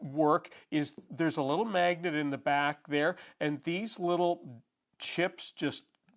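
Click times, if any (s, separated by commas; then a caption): none. A small colour-coded abrasive grit chip is handled at a knife sharpener's holder, where a magnet in the back holds it, while someone talks throughout. The chip is being pressed toward the holder but has not snapped in yet, and no click has happened by the end of the clip.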